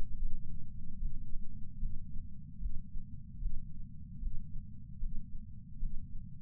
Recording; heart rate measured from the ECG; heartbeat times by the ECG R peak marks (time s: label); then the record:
heart sounds by patch sensor on the chest; 75 bpm
0.98 s: heartbeat
1.78 s: heartbeat
2.58 s: heartbeat
3.38 s: heartbeat
4.18 s: heartbeat
4.98 s: heartbeat
5.78 s: heartbeat
From the record:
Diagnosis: coronary artery disease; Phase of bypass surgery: intraoperative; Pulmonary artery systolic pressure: 16 mmHg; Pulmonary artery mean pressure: 11 mmHg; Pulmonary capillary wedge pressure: 10 mmHg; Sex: female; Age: 58 years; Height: 155 cm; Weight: 55 kg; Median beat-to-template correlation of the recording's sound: 0.75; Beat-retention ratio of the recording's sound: 0.98